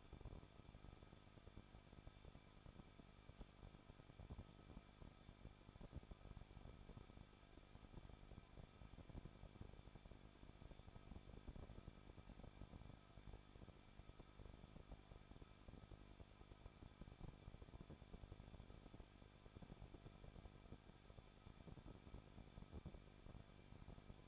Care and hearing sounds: daily activity, microphone in the room; no activity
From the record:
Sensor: 5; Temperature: 20.8 degrees Celsius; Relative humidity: 38.6%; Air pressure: 1006.5 hPa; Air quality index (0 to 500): 192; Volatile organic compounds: 21 ppm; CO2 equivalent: 2720 ppm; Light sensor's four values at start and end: 2/3/1/1 and 2/3/1/1

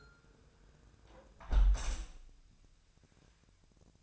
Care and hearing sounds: daily activity, microphone in the room; close window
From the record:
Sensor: 2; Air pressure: 999.7 hPa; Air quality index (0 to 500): 218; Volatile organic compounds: 47 ppm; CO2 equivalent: 3253 ppm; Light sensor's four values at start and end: 8/20/8/8 and 8/19/8/8

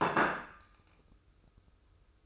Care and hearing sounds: daily activity, microphone in the room; place plate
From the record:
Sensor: 2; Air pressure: 995.0 hPa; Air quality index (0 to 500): 57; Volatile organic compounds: 1 ppm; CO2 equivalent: 942 ppm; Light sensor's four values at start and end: 13/44/17/16 and 13/44/17/16

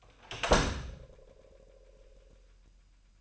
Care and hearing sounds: daily activity, microphone in the room; close door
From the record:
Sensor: 2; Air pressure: 998.3 hPa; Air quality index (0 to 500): 137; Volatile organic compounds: 4 ppm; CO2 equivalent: 1548 ppm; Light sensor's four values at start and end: 12/36/14/14 and 12/36/14/14

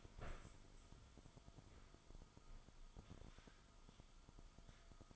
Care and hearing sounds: daily activity, microphone in the room; stand up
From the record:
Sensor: 5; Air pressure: 1005.2 hPa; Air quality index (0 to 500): 103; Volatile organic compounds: 2 ppm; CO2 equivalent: 1263 ppm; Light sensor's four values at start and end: 34/79/32/30 and 34/79/32/30

